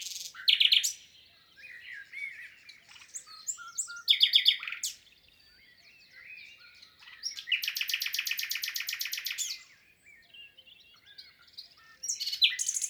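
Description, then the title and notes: Common nightingale delivering varied phrases: sharp chattering bursts, softer twittering notes, and a long rapid rattling trill, separated by short pauses. Wild common nightingale singing in spring after arrival, 22 April 2020, Lesches-en-Diois, France, recorded in stereo with a portable recorder amid absence of human noise. "22 avril 2020-Lesches en diois. le chant du Rossignol Philomène (Luscinia megarhynchos)"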